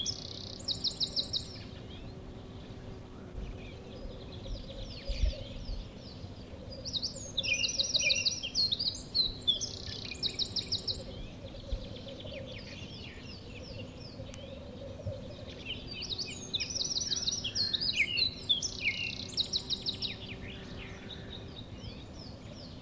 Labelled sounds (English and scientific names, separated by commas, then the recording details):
Eurasian Wren (Troglodytes troglodytes)
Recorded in the wild
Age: adult
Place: Mirnock, Kärnten, AT
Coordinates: 46.758, 13.714
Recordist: Brunner, Thomas